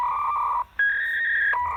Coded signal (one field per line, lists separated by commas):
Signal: fax machine handshake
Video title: Weird modem sounds in Telniy autooperator service